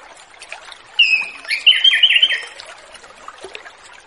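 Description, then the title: Orange-headed thrush giving a single phrase of rapid, rattling whistled notes lasting over a second, then falling quiet over faint background hiss. Relaxed, free-flowing singing (ngeplong style) used as a lure to train young orange-headed thrushes just out of speckled juvenile plumage. "Anis Kembang Ngeplong Santai , Untuk Pancingan Anis Kembang Lepas Trotol"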